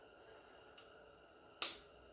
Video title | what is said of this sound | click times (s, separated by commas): 123 Ignition installation | this just snaps in place right here | 1.6 s